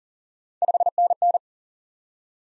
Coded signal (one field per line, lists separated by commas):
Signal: Morse code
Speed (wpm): 37 wpm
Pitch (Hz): 700 Hz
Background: none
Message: 5NN